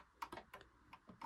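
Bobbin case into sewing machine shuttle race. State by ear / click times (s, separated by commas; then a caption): not seated / none. A bobbin case is pushed into the shuttle race of a Domestic model 1505 sewing machine, producing a series of short, light ticking clicks, the sharpest near 0.2 s, with others around 0.3 s, 0.5 s, 0.9 s and 1.2 s. Nothing has seated or clicked into place yet: the bobbin case fails to seat because the bobbin has come out of its case.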